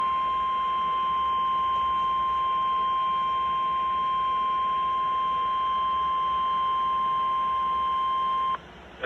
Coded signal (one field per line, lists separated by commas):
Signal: Emergency Alert System (SAME) tones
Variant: 1050 Hz attention tone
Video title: Severe Thunderstorm Warning (EAS #420)